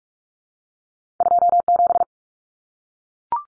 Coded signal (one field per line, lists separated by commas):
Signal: Morse code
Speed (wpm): 44 wpm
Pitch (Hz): 700 Hz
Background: none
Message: 27